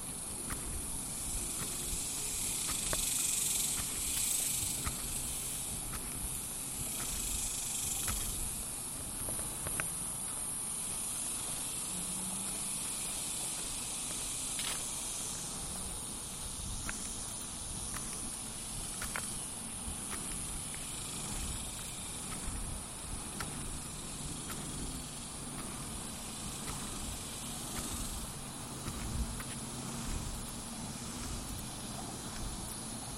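A lunchtime walk around the neighborhood: a constant high, thin hiss runs through the whole recording over a low, steady rumble like passing traffic. Short ticks and taps recur every second or two, and the sound is slightly fuller during the first ten seconds.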